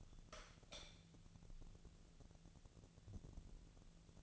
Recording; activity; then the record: daily activity, microphone in the room; light on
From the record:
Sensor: 4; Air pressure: 1000.8 hPa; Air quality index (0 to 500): 126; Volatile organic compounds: 1 ppm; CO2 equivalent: 948 ppm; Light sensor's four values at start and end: 36/88/37/40 and 39/98/40/44